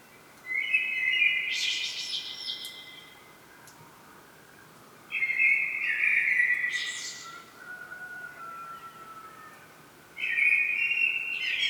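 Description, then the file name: Common blackbird song: fluted phrases roughly every five seconds, the first two topped with a high twittering flourish, a third starting at the end; a soft lower whistle after the second. "Turdus merula"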